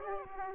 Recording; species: mosquito wingbeat signal from an infrared sensor; Aedes aegypti